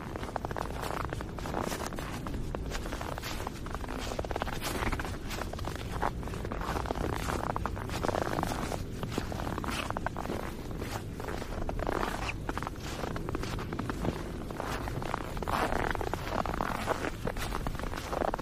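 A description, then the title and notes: Footsteps crunch through crisp snow at a steady walking pace, each step a short, dense, gritty crunch following closely on the last. The sound stays even throughout, with a low rumble underneath and a bright crackle on top. Sleep in Nature Sounds - Walking Through Crisp Snow. Sound of Crunching Snow.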